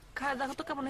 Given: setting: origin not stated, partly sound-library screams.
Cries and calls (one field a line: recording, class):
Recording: one-second piece from a danger detection set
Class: normal situation